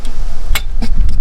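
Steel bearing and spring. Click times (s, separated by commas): 0.6 s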